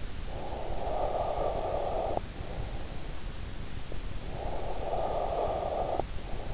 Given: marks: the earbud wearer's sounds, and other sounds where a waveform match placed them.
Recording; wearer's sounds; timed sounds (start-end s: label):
sounds in sleep by an in-ear microphone; breath
0.04-2.97 s: breath
4.16-6.54 s: breath